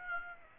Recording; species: mosquito wingbeat signal from an infrared sensor; Aedes aegypti